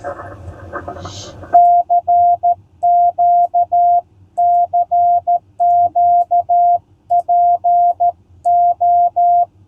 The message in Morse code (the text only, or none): CQ CQ PO